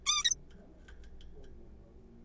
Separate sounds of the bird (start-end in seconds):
0.06-0.24, 0.25-0.36